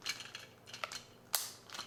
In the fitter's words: So, it makes an audible click sound when it gets through.